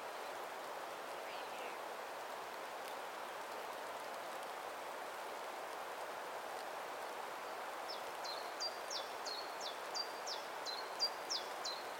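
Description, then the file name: Bird song: a fast run of sharp, high descending chirps in the last four seconds, after a faint early call, over steady hiss. Evening bird song recorded in light rain in Beddgelert Forest. "Beddgelert Forest - Light rain with evening bird song"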